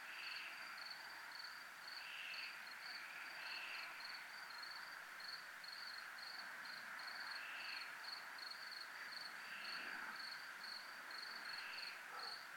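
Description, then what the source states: Continuous cricket trilling in fast regular pulses, with occasional softer buzzy swells every couple of seconds and a constant background hiss. Recorded at a 'zona militar' (military zone).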